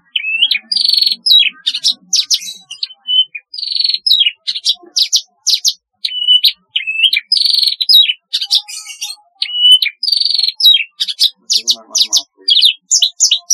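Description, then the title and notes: Javan bush lark singing a long, varied stream of sharp chirps mixed with drawn-out whistled notes, nearly continuous with brief pauses, over a quiet background. "Kicau Burung Branjangan"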